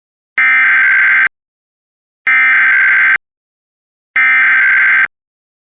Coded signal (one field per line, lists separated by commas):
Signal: Emergency Alert System (SAME) tones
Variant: header bursts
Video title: EAS Georgia AMBER Alert